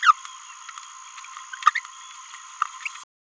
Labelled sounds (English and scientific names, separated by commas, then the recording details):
Green-rumped Parrotlet (Forpus passerinus) babbling
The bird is a male
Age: 27 days
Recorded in a nest box in Venezuela
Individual 17B31A2